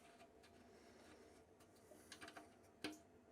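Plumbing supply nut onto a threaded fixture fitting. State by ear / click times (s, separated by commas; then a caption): seated / 2.8 s. A compression/flare-type plumbing supply nut is turned backwards on a threaded fixture fitting, giving soft ticks and scrapes around 2.1 and 2.4 seconds over a quiet background. At 2.9 seconds a sharp click sounds as the thread start drops in, and the nut is seated.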